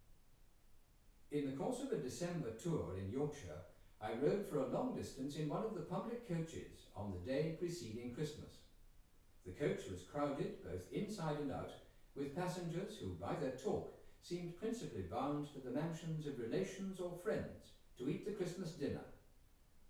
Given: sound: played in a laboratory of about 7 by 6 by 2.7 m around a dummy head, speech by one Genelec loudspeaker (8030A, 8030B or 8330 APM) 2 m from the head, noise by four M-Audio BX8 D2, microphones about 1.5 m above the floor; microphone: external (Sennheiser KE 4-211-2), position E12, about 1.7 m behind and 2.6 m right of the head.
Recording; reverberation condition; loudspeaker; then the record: male speech in English; medium; 30 degrees to the right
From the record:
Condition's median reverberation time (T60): about 510 ms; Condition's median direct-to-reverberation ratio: about -0.5 dB